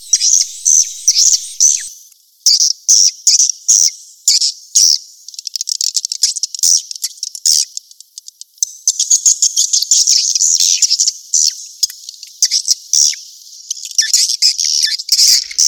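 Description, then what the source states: Swiftlet chirping calls, dense high twittering bursts broken by short gaps, with rapid stuttering chirps throughout. Sound used in swiftlet farming in Asia to attract birds.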